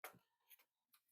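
A plastic retention tab on the keyboard/palmrest bezel of a ThinkPad Edge laptop is worked down into the laptop case and drops in with a single sharp tick at 0.0 s. A few fainter ticks follow around 0.5, 0.6 and 0.9 s. The tab is seated in the case.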